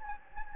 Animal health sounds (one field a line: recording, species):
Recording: mosquito wingbeat signal from an infrared sensor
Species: Anopheles gambiae